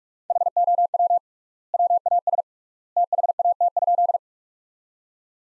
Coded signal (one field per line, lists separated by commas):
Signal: Morse code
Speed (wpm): 47 wpm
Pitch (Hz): 700 Hz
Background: none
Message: HOW WAS THAT?